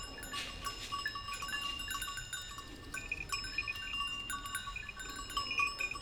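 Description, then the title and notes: Goats grazing with bells, a steady random tinkling of bells in overlapping tones. A few goats grazing on a sloping meadow, their bells tinkling at random; Village Tipi, Route du Revard, Montcel near Chambéry, Savoie, France. "Village Tipi, Route du Revard, Chalets de la Clusaz, Montcel, Chambéry, Savoie, Auvergne-Rhône-Alpes, France métropolitaine, 73100, France - Les chèvres. Quelques chèvres broutent dans une prairie en pente, le raffiné tintement aléatoire de leurs clochettes empli l'espace, un discret criquet stridule dans les herbes"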